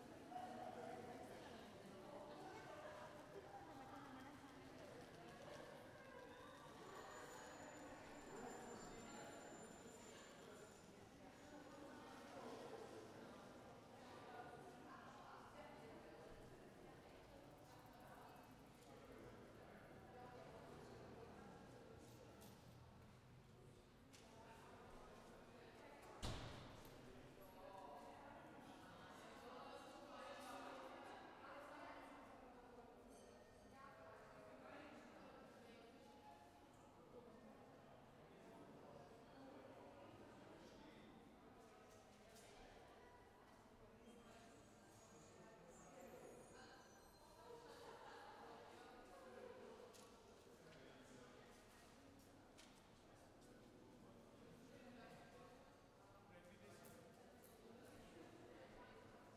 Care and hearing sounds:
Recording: everyday scene through a hearing-aid microphone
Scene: reverberant space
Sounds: background noise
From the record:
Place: railway station hall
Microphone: behind the ear, left, front

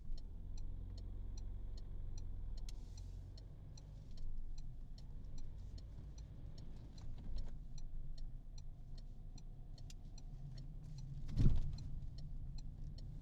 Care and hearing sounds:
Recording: everyday scene through a hearing-aid microphone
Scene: in a vehicle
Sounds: engine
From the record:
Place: Berlingo II, diesel engine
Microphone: in the ear canal, right

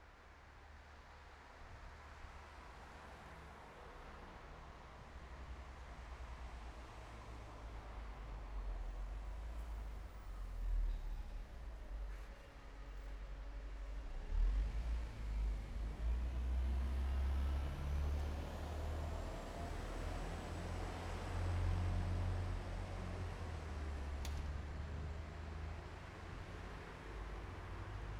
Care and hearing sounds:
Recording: everyday scene through a hearing-aid microphone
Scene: in traffic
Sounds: traffic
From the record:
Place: bus stop on a city main road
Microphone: behind the ear, right, front

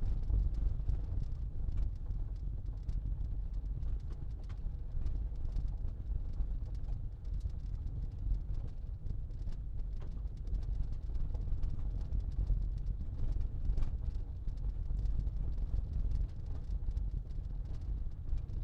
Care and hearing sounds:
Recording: everyday scene through a hearing-aid microphone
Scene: in a vehicle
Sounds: engine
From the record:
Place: Berlingo II, diesel engine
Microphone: in the ear canal, left

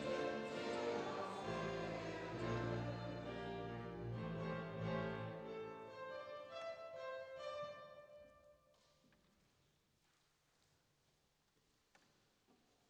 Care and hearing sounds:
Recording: everyday scene through a hearing-aid microphone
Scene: reverberant space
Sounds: music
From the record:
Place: church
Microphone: in the ear canal, left

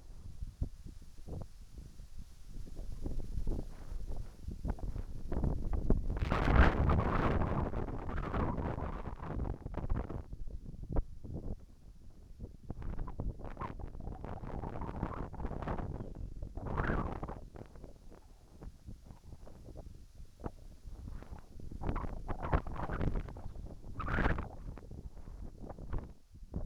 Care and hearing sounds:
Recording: everyday scene through a hearing-aid microphone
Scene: wind on the microphone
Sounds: wind, whistling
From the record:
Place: in front of a rural house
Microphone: behind the ear, right, rear

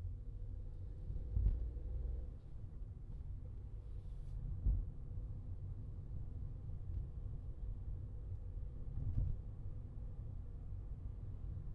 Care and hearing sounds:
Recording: everyday scene through a hearing-aid microphone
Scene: in a vehicle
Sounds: engine, highway traffic jam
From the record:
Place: Skoda Fabia, gasoline engine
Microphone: in the ear canal, left

